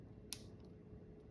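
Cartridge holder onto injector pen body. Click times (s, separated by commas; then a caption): 0.3 s. A cartridge holder is pushed onto the body of a PeptiPen injector pen, and it snaps into place with one sharp, bright click at 0.3 s, followed by a much fainter tick around 0.7 s over a low steady background. The cartridge holder is confirmed seated.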